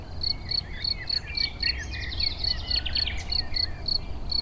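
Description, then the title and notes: Bright cricket chirps, about four each second, accompanied by a bird's rich, varied song and a soft low rumble. Edge of a meadow rich in crickets near Chindrieux, France; west wind brings sound of motorcycles on the lake road. "271 Rue de Vars, 73310 Chindrieux, France - Grillons et rossignol. Au bord d'une prairie riche en grillons"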